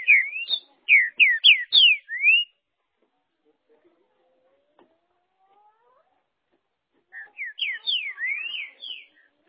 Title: Trinca Ferro